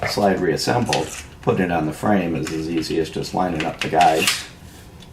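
During reassembly of a Springfield Armory Match Grade XDm 5.25" 9mm pistol, the steel slide is being lined up on the frame rails, to be run back and locked open by the slide stop. Someone talks throughout, with a short sound near the end at 5.0 s. Nothing has seated or clicked yet.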